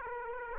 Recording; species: mosquito wingbeat signal from an infrared sensor; Aedes aegypti